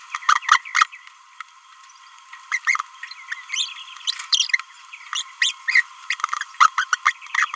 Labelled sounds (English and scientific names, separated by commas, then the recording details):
Green-rumped Parrotlet (Forpus passerinus) babbling
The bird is a female
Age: 26 days
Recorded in a nest box in Venezuela
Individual 17B31A3